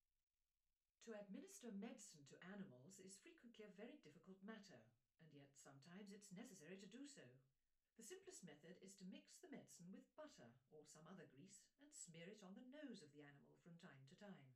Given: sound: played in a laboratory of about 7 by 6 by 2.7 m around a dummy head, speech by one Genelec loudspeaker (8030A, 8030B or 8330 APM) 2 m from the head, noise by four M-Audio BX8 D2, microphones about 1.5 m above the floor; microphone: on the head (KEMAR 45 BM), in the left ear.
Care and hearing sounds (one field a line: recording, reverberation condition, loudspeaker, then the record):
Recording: female speech in English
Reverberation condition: low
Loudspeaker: 90 degrees to the right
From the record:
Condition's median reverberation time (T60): about 310 ms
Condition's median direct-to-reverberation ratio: about 3.5 dB